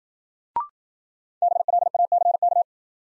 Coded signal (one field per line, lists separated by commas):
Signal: Morse code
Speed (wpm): 53 wpm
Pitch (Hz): 700 Hz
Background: none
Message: BLACK